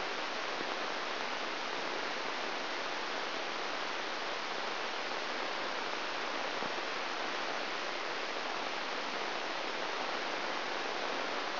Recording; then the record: brain microelectrode recording played as sound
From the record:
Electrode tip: inside the subthalamic nucleus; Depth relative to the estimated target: 2 mm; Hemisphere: left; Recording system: AlphaMap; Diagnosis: Parkinson's disease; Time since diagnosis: 13 years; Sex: male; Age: 63 years